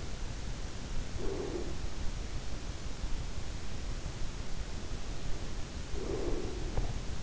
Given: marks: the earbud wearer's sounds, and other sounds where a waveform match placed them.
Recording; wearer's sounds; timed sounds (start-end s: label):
sounds in sleep by an in-ear microphone; breath
1.12-1.93 s: breath
5.94-7.23 s: breath